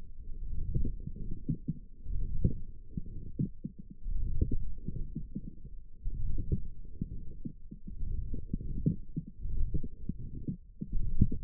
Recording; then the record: forearm muscle sounds (acoustic myography)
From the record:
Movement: forearm pronation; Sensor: system 1, eight BSWA MPA416 microphones around the upper forearm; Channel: 1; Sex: male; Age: 21 years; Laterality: right